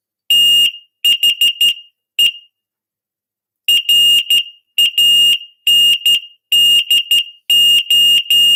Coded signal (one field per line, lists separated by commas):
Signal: Morse code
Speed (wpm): 12 wpm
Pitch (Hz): 2850 Hz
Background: none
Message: THE RANDO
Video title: Morse